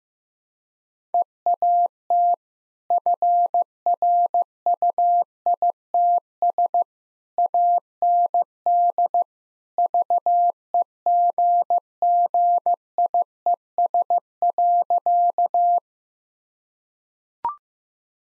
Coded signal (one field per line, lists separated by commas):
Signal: Morse code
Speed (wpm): 16 wpm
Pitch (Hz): 700 Hz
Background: none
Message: EAT FRUITS AND VEGGIES.